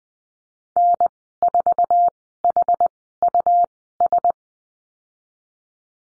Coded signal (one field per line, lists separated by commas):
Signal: Morse code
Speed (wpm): 20 wpm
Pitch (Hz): 700 Hz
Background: none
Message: N4HUS